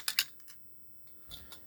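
While a wheel is being fitted to a 1:32 scale toy model of a 1973 Ford Bronco, the car's plastic bumper pops off with two sharp, bright plastic clicks at 0.1 s and 0.2 s. Fainter small clicks and handling rattles follow around 0.4 s, 0.5 s, 1.3 s and 1.5 s, and the bumper ends up released from the car.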